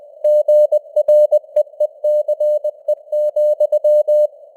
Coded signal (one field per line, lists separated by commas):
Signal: Morse code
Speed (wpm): 20 wpm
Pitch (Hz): 600 Hz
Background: none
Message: GREECE,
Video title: Morse Code News | 2026-01-04 | 20wpm